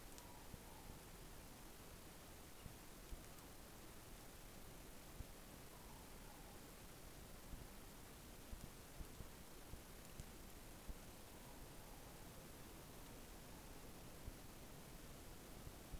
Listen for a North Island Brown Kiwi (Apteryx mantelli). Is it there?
no